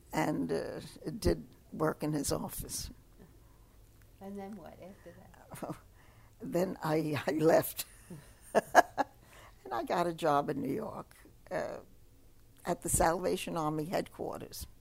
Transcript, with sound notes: And, uh, did work in his office.
And then what after that? ( she laughs )
And I got a job in New York, uh, at The Salvation Army headquarters.